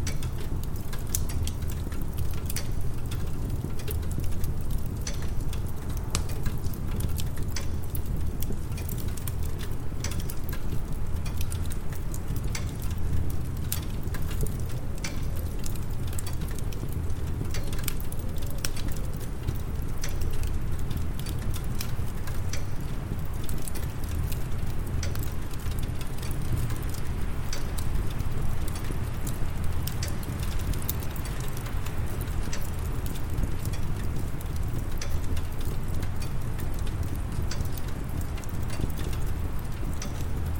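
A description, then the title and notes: A fire crackles with dense, rapid pops over a steady low rumble of wind, the sound constant throughout. Cozy Winter Cabin Ambience. A crackling fire, as a cold winter wind blows through the night outside your cozy winter cabin.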